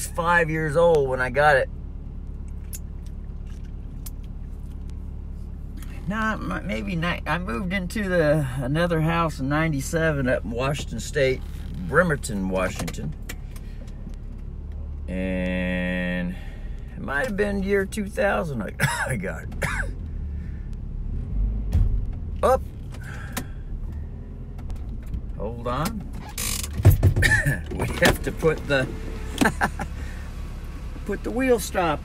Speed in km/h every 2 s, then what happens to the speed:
6, 6, 6, 6, 6, 6, 6, 6, 0, 0, 5, 5, 5, 8, 8, 8.
0-16 steady at about 6. 16-19 standing. 19-32 steady at about 5.